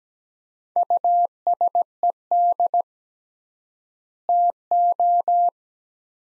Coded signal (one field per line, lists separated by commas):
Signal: Morse code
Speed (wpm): 17 wpm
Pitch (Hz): 700 Hz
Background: none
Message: USED TO